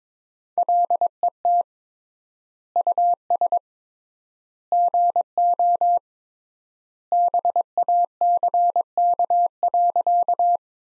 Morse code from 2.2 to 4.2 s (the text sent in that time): US